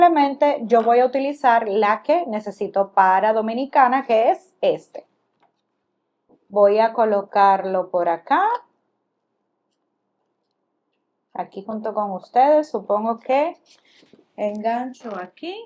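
Someone talks while lining up an interchangeable plastic plug head, the one needed for the Dominican Republic, on the power adapter of a Cricut Joy 2 craft cutter, ready to hook it in. Short pauses separate the talking, with a very faint tick near 5.4 s. Nothing has seated or clicked yet.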